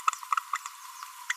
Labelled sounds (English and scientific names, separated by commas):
Green-rumped Parrotlet (Forpus passerinus) babbling